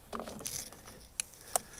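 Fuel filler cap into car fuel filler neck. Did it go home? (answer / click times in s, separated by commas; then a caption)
yes / 1.2 s, 1.6 s. A fuel filler cap is put back on the filler neck of a 2005 BMW 325 Ci Convertible and secured, with soft handling and scraping sounds first. A sharp click at 1.2 s is followed by a second click at 1.6 s, and the cap is seated and secure.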